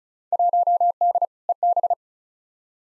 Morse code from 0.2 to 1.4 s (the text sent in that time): 1D